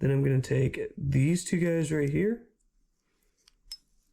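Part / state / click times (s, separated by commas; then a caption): ear-muff mount pieces onto a lock retainer on a helmet side rail / seated / 3.5 s, 3.7 s. Someone talks for the first two and a half seconds, then two small ear-muff mount pieces are pressed over the lock retainer sitting in a helmet side rail. A faint click at 3.5 seconds and a sharper snap at 3.7 seconds mark the pieces snapping into place, and they are seated and fit well.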